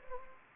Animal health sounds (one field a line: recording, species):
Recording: mosquito wingbeat signal from an infrared sensor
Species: Anopheles gambiae